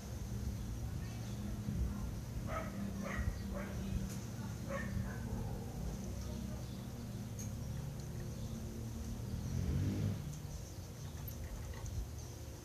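City sounds heard from a garden: a steady low rumble of traffic runs throughout, with a vehicle swelling past around ten seconds. Short bursts of voices or barking rise between two and five seconds, and a few faint clicks and chirps appear overhead.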